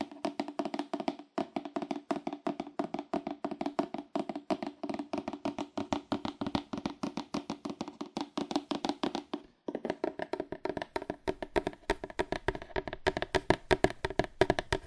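Fast, aggressive tapping on cardboard, a dense stream of dry, hollow hits with a papery rattle. The rhythm runs unevenly quick, pausing briefly just after one second and again near nine and a half seconds, then resumes slightly brighter and sharper.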